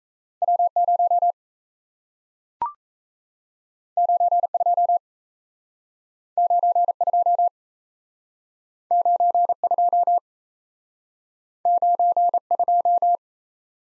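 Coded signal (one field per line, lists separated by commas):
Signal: Morse code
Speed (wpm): 38 wpm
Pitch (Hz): 700 Hz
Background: none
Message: W 0 9 2 9 2 9 2 9 2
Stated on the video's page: Speed-Racing Morse practice of two letter-number combinations, starting at 1.5 times the 28 wpm base speed, slowing down, with a final repeat at maximum speed.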